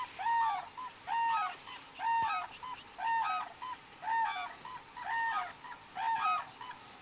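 Red-crowned crane call: a steady series of clear, honking trumpet notes repeated about once a second over a noisy, hissing background.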